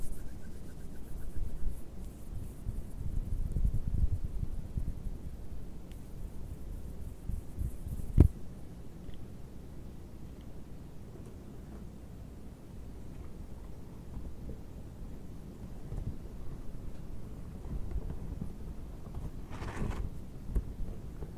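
Gloved hands rub and scratch against the microphone in dishwashing gloves, making a dense, low, muffled rustle that continues throughout. A sharp snap stands out around eight seconds, and a brief brighter scrape comes near twenty seconds.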